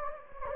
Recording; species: mosquito wingbeat signal from an infrared sensor; Anopheles gambiae